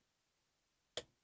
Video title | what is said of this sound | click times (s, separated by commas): LHLS #23: Master Lock 911 SPP'd & Gutted | a click and we got to open so fairly easy walk but | 1.0 s